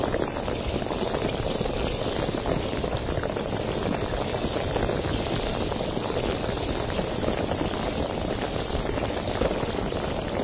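Sparkling water fizzes steadily, a dense, even crackle of countless tiny bubbles popping. The hiss stays constant for the whole clip without pauses or swells, with a soft bright sizzle above a fuller bubbling texture and no other sounds.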